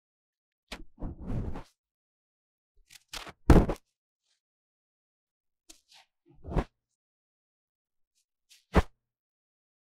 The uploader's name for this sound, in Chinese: 麥克風耳朵深度清潔